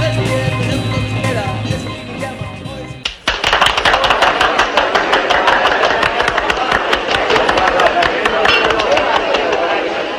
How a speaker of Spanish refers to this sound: Agradezco ese aplauso espontáneo, nutrido y unánime.